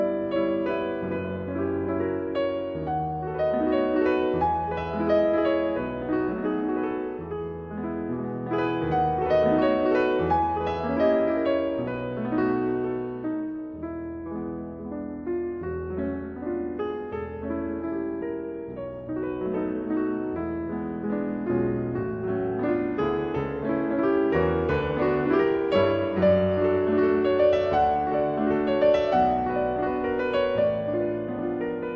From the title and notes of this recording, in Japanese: 節分 北野天満宮。